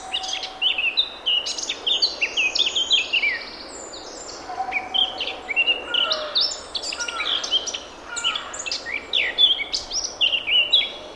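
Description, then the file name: Eurasian blackcap song: repeated phrases of fast, varied warbling mixed with bright fluty whistles, separated by short pauses over eleven seconds. "Sylvia atricapilla"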